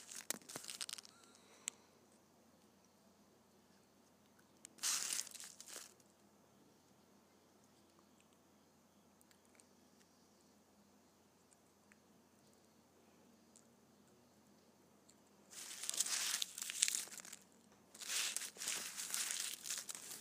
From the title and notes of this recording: ASMR Candy Wrappers.